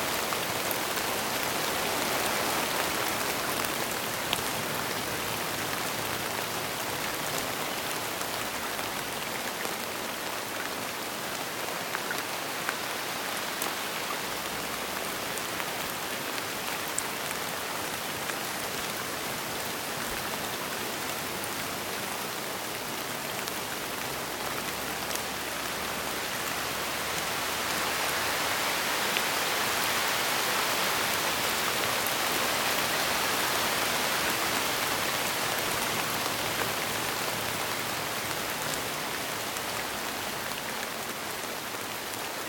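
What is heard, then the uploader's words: Heavy summer rain pours down in a dense, steady hiss of drops, swelling slightly louder around the thirty-second mark. SUMMER RAIN • Heavy Rain, No Thunder.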